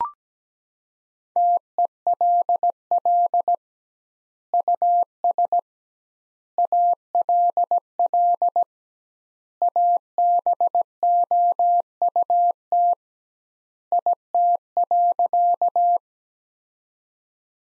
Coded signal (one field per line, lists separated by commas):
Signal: Morse code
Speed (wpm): 17 wpm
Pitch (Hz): 700 Hz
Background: none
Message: TELL US ALL ABOUT IT.